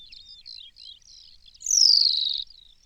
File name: New Zealand pipit